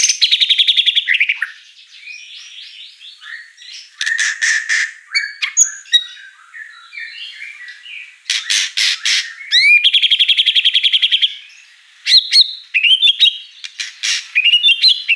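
A white-rumped shama sings continuously, pouring out varied, bright phrases of whistles, rapid buzzy trills and sharp chips. Loud bursts arrive near the start, around 4, 8 to 11 and 12 to 15 seconds, with softer twittering between and no background noise.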